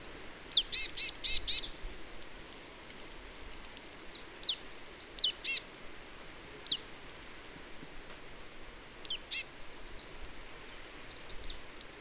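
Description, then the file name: Marsh tit calling in quick bursts of sharp, high, descending notes, several short series spread throughout with brief pauses between them. "Poecile palustris"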